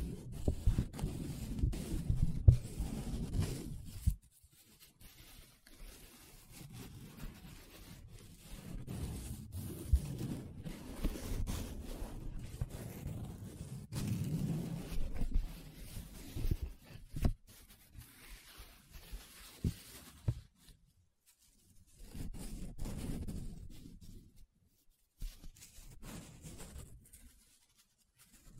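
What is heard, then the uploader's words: Paper being rubbed and scratched, a dry rustling texture with a soft low rumble from hand and surface contact. The strokes come in uneven bursts, with short pauses near 4, 20 and 25 seconds. ASMR 7 Different Paper Sounds Tracing, Scratching, Rubbing (No Talking).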